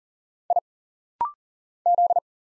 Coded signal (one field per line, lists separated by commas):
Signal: Morse code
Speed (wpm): 40 wpm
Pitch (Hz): 700 Hz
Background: none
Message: I Z